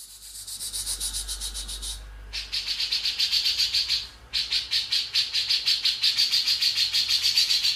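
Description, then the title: Grey-cheeked bulbul chattering in long rapid series of harsh rasping pulses, about three or four per second, with two brief gaps. "Cucak Jenggot"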